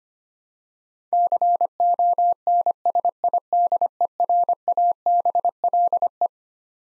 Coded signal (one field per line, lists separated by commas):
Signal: Morse code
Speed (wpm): 25 wpm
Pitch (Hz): 700 Hz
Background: none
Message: CONSIDERABLE